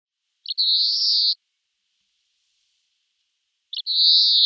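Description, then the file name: European greenfinch call: two long nasal buzzing wheezes about three seconds apart, each starting with a short sharp note, in a quiet setting. "Chloris chloris"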